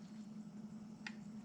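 A click-type torque wrench set to about 40 inch pounds tightens a motorcycle engine guard bolt against a steady low hum. The wrench gives one sharp click at 1.1 s as it reaches torque, confirming the bolt is tightened to setting.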